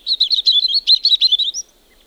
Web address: liigid plaat punarind